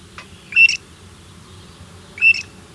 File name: Arabian Grey Shrike Oshayqer Saudi Arabia 05 02 2011 © Abdul Rahman Al-Sirhan